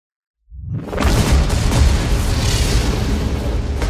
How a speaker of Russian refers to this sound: Игнат уже было разочаровался, а демон выдохнул с облегчением, но в это время еще несколько символов рисунка с хлопком выгорели.